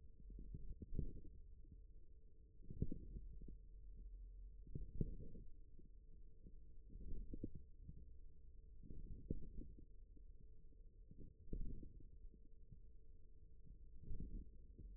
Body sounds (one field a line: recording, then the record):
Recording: forearm muscle sounds (acoustic myography)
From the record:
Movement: radial deviation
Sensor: system 1, eight BSWA MPA416 microphones around the upper forearm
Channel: 7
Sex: male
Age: 41 years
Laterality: right